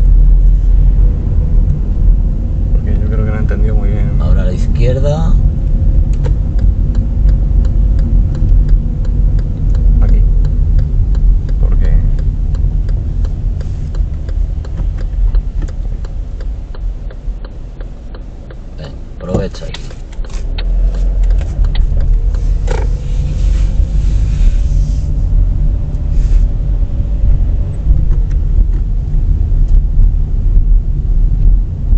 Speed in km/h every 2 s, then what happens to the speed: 24, 23, 24, 23, 22, 16, 11, 6, 1, 0, 8, 11, 15, 16, 18, 19.
0-8 steady at about 23. 8-16 slows to 1. 16-18 standing. 18-23 pulls away to 15. 23-32 steady at about 16.